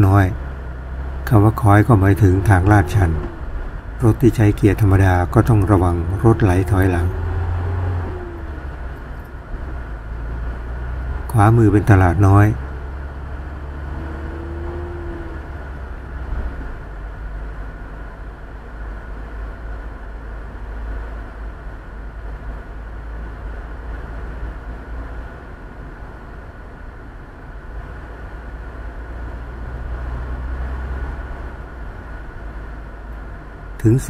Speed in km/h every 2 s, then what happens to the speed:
14, 17, 15, 20, 18, 21, 24, 26, 28, 30, 31, 31, 31, 32, 33, 34, 34.
0-18 speeds up to 30. 18-34 steady at about 31.